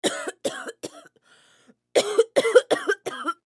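Seven short, harsh, partly voiced cough bursts from an adult female come in two runs: three quick coughs, a pause of about a second, then four more. An acted cough sound effect, filed among sick sounds, with no wheeze or whoop.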